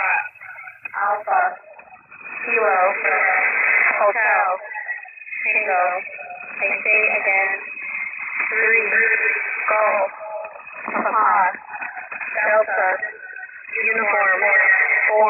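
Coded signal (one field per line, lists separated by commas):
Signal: coded military voice message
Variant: Emergency Action Message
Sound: voice reading phonetic-alphabet words over narrow, slightly distorted sideband radio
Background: radio static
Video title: June/16/2026/ 8.992.000 Emergency Action Messages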